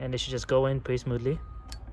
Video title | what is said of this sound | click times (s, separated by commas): OP 918 How to change power Cable | you hear a click and that should be all this powers to the indicator which charges the battery | 1.7 s